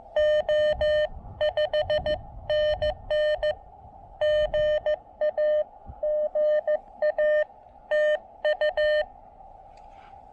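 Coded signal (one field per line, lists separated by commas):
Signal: Morse code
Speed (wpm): 19 wpm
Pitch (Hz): 600 Hz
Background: none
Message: O 5NN GA GA TU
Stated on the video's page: Speedy QRP CW park activation using an Elecraft KX2 with AX1 antenna.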